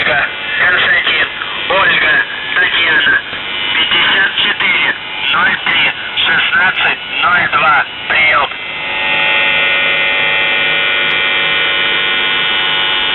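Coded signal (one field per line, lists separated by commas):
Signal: numbers station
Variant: UVB-76, Russian voice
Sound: male voice reading words over radio, then a steady droning buzz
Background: radio static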